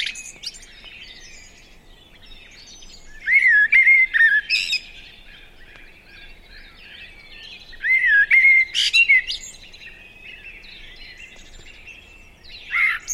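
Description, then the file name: Common blackbird song: two spaced phrases, each a rich, fluty warble ending in a sharp, squeaky high twitter, with a brief fragment at the end. "Turdus merula"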